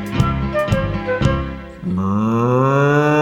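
A cow moos in a stable, starting with three short, throaty pulses and then a long, steady low moo that slowly rises in pitch, loud and with no talking over it.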